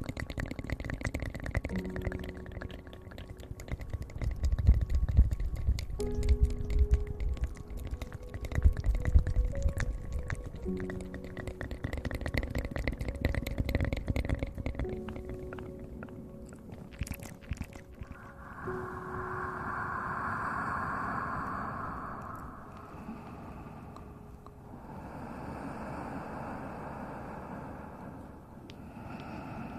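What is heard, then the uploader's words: Mouth sounds fill the clip: dense clicks and wet smacks over stepped, humming tones through the first half. After about eighteen seconds the clicking thins out into softer breathy, hissing swells that rise and fade in slow waves, quieter and more airy. Mouth Sounds Triggers.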